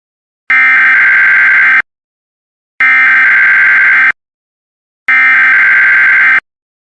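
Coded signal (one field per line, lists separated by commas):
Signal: Emergency Alert System (SAME) tones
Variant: header bursts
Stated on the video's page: Fictional EAS scenario with simulated alert tones.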